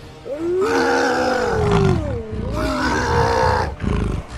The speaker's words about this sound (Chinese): 宁静的气氛被狼骑兵们冲进城市街道时的战吼与狼嚎打破了。